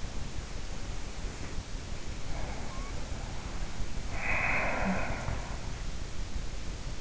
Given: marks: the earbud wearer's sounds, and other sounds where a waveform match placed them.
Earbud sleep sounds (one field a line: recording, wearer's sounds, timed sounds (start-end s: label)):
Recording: sounds in sleep by an in-ear microphone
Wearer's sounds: breath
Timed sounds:
2.31-5.78 s: breath